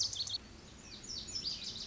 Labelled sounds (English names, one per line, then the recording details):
Lazuli Bunting
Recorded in Sonoma County, California